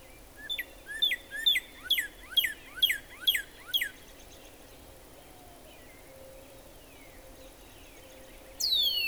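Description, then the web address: Northern cardinal song: a series of about eight clear two-part whistled notes, roughly two per second, then quiet, ending with a loud sharply falling whistle. "birdsongforthecurious Northern Cardinal"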